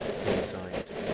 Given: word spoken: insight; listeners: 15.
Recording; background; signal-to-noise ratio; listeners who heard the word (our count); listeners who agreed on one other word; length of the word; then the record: one English word in noise, from a listening test; noise modulated by three-talker babble; -7.7 dB; 0 of 15; 14 of 15; 0.74 s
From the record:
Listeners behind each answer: 14, 1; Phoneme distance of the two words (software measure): 10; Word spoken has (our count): 2 syllables, 5 phonemes, stress on syllable 1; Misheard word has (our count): 2 syllables, 5 phonemes, stress on syllable 2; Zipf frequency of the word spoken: 3.93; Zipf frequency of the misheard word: 5.36